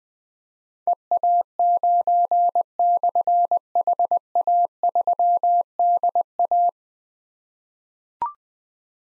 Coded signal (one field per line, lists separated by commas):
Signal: Morse code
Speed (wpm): 20 wpm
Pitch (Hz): 700 Hz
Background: none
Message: EA9/HA3DA